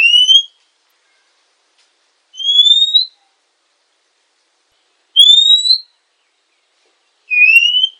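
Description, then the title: Oriental magpie-robin call: four clean, rising whistled notes, each about half a second to under a second long, spaced roughly two to three seconds apart, against silence. Female. "kacer_betina"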